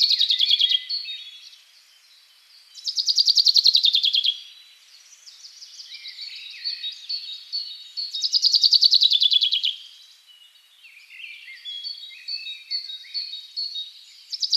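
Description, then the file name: Common chaffinch song, a rapid trill falling in pitch, heard three times at irregular intervals, with high twittering and thin whistles between. "Fringilla coelebs"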